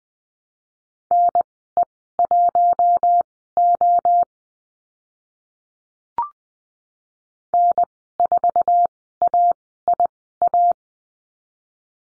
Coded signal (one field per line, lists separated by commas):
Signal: Morse code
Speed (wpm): 20 wpm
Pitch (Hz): 700 Hz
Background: none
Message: NE1O N4AIA